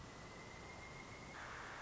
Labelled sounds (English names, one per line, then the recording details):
Pileated Woodpecker
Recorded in Sonoma County, California